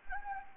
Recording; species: mosquito wingbeat signal from an infrared sensor; Anopheles gambiae